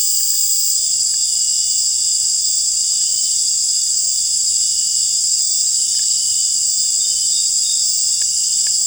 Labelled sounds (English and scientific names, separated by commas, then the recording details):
none
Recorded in dense forest near Puerto Asís, Putumayo, Colombia, on 19 March 2025 at 18:30
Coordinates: 0.484, -76.317
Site G064